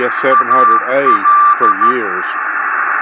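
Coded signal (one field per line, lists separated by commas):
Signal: Morse code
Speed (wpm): 14 wpm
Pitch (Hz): 1170 Hz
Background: speech, radio noise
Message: AL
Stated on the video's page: CW beacon heard while tuning the 6 meter band.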